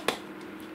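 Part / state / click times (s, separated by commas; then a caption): filter cap on the bottom of a portable coffee press chamber / seated / 0.1 s. A plastic filter cap is lined up with the holes on the bottom of an AeroPress Go portable coffee press chamber, put on, and turned once to lock it. A single sharp snap sounds at 0.1 s against a quiet background, and the cap is seated and locked in place.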